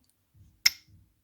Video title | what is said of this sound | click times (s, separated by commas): Argo Transmission Rebuild | you can hear that snap into the next gear | 0.7 s